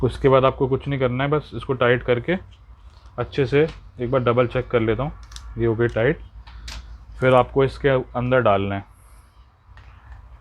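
On a Moza AirCross 2 gimbal, a camera quick-release plate, just tightened, is being slid into the gimbal's mounting base clamp while someone talks. Quiet handling sounds follow near 9.8 s and 10.5 s. The plate has not clicked or seated in the base yet.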